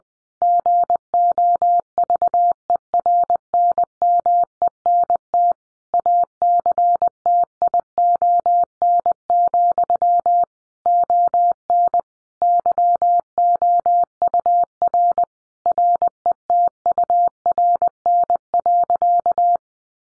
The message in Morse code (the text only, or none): GOVERNMENT ACTION, ON YOUR RETURN.